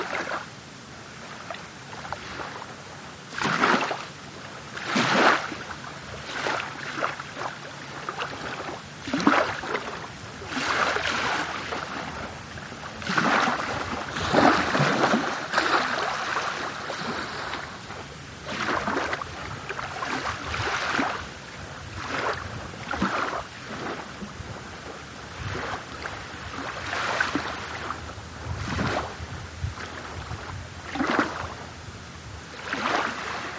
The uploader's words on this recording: Small waves at the beach in Placencia, Belize. Recorded by Erick Ruiz Arellano.